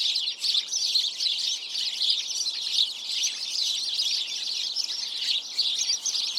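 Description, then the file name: House sparrow chirps from many birds blend into a constant, lively twittering din. "Passer domesticus"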